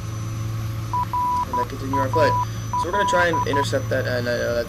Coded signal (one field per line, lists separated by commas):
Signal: Morse code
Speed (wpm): 12 wpm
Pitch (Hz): 990 Hz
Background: speech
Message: RAL